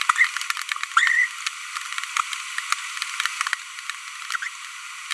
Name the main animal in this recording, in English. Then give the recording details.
Green-rumped Parrotlet. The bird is a female. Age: 25 days. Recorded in a nest box in Venezuela. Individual 17B42B1